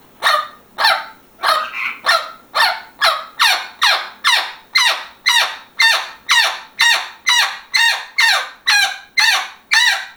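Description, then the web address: Parrot calls in a long rhythmic sequence, about twenty harsh, slightly wavering squawks, steady and evenly spaced throughout. "попугай"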